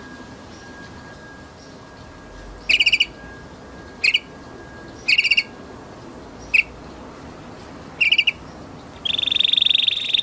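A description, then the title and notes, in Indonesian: A canary gives short bright chirping bursts about every second or two, then a sustained trill near the end, over a steady faint hum. Kenari Oranye.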